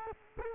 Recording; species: mosquito wingbeat signal from an infrared sensor; Culex quinquefasciatus